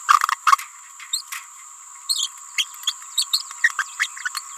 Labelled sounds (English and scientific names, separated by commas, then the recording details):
Green-rumped Parrotlet (Forpus passerinus) babbling
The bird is a female
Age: 28 days
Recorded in a nest box in Venezuela
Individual 17B31A3